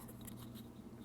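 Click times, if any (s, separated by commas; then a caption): none. The clip of a Fifne M9 wireless lavalier mic is slid into the shorter of two 3D-printed plastic mic handles, producing soft, steady scraping and handling sounds over a low background hum. A brief sharp tick comes at about 1.1 s as the clip ends, but nothing has seated or clicked into place yet.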